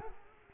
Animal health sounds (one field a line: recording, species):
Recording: mosquito wingbeat signal from an infrared sensor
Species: Culex quinquefasciatus